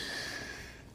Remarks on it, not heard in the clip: You can probably hear some snoring in the background. It's our puppy who snores with his eyes open. He's pretty much just snoring all the time.